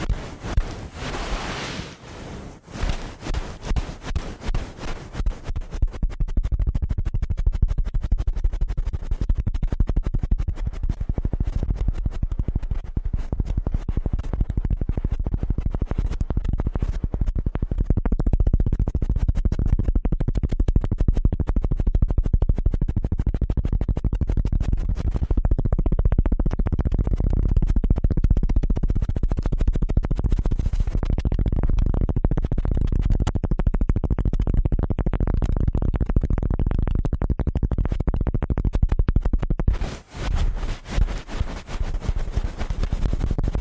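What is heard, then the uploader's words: Ear cleaning with a fast, dense rumbling scratch that runs almost without pause. The first five seconds and the stretch after forty seconds bring sharper, brighter crackling bursts, while the middle is a heavier, low, steady rubbing with small rapid flutters. ASMR Ear Cleaning at Helicopter Speed.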